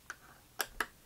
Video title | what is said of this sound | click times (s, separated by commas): Je Customise ma Batmobile McFarlane | petite plaque en plastique que vous allez venir clipser ici voilà | 0.6 s, 0.8 s